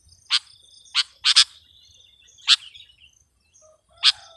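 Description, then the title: Sooty-headed bulbul giving separate sharp chirps, one doubled, at uneven intervals. "kutilang"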